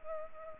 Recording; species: mosquito wingbeat signal from an infrared sensor; Culex pipiens